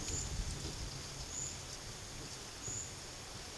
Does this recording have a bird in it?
no